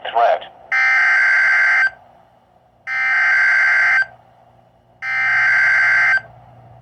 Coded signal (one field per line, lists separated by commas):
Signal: Emergency Alert System (SAME) tones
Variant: header bursts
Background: speech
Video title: MARGINAL RISK - EAS Alerts from 6/26/24 #67-69